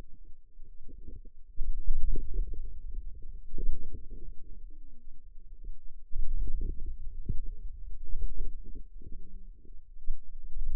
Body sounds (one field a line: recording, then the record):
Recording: forearm muscle sounds (acoustic myography)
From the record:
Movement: hand closing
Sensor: system 2, bracelet of six BSWA MPA416 microphones around the upper forearm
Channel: 5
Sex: female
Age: 21 years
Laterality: right